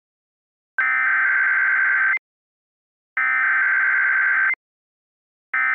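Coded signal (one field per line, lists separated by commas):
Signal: Emergency Alert System (SAME) tones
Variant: header bursts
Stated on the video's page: Fictional EAS scenario with genuine, valid EAS SAME tones capable of triggering real activations.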